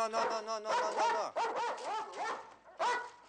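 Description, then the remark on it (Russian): A dog in a wire-mesh pen, after overturning a pot of soup pushed in on a shovel, lets out a loud, irregular run of high, tonal barks and yelps, starting with a whiny note and following with about half a dozen sharp calls, with no talking. “Пес в огороженном сетке рабится в загоне.”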